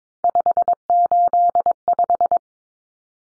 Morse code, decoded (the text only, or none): 585